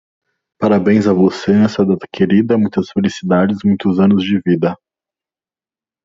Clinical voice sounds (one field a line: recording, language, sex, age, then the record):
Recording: short text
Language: Brazilian Portuguese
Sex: male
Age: 30 to 39 years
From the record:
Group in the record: control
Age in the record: 33 years